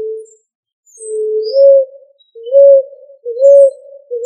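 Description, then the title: Pigeon cooing, a series of low, steady, slightly rising hummed notes in quick succession, some pausing briefly between phrases. "Familia Columbidae Pomba"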